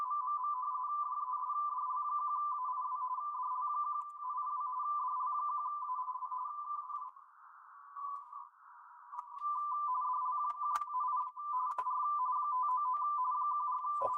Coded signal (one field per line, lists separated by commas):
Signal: RTTY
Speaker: Well, hopefully our stuff is okay. [Music] Our first one. Germany.